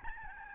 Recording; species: mosquito wingbeat signal from an infrared sensor; Aedes albopictus